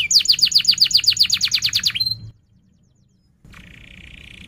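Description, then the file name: Canary giving a bright, rapid run of sweeping notes, a short pause, then the start of a smooth buzzy trill. Canary singing vigorously (gacor), with 'cuit-cuit' chirps and sharp rolling trills (ngerol). "Suara Kenari Gacor Cuit Cuit Ngerol Tajam"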